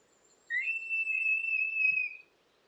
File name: Bearded Vulture